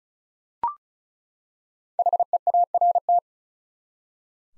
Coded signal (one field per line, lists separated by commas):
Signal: Morse code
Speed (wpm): 36 wpm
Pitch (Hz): 700 Hz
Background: none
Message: HEART